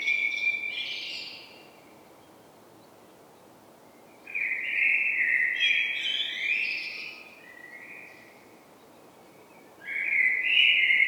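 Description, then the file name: Common blackbird song: parts of three fluted warbling phrases with higher squeaky notes, separated by quiet gaps of a few seconds. "Turdus merula"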